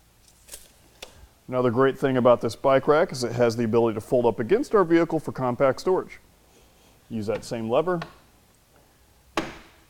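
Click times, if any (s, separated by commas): 9.4 s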